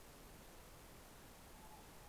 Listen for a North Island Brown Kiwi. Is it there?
no